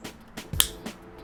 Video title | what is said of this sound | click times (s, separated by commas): Carbon Front Center Lower Lip | positive click before we do anything else I'm gonna put the key in the ignition make sure everything is | 0.6 s